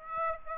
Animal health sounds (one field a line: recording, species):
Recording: mosquito wingbeat signal from an infrared sensor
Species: Aedes aegypti